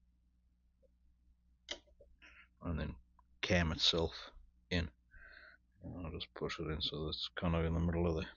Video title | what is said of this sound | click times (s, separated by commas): Marlin 1894 - Disassembly, Polish & Assembly | put that in there L it up and then you just push back on this and it will click into that | 1.7 s